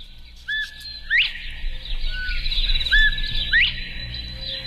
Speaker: The northern bobwhite, another one that basically kind of says its name.